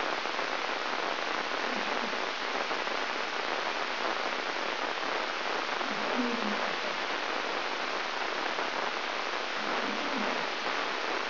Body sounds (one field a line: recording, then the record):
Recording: brain microelectrode recording played as sound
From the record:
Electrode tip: inside the subthalamic nucleus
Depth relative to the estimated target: -1 mm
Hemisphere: right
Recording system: AlphaMap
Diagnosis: Parkinson's disease